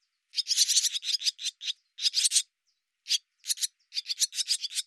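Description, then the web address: Bird giving a dense series of rough, scraping notes in several chattering bursts with brief gaps between them. "cianscape birddata Deverinetal 2025"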